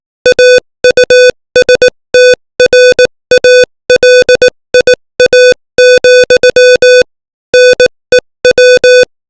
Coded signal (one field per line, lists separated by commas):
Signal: Morse code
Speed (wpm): 18 wpm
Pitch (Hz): 500 Hz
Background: music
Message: AUSTRALIA, NEW